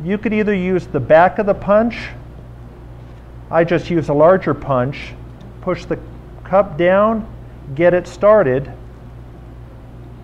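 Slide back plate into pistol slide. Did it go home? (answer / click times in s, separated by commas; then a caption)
no / none. A custom slide back plate is being started into the rear of a pistol slide with a larger punch that pushes the spring cup down, while someone talks over a steady low hum. Nothing has seated or clicked yet; the plate is not yet home.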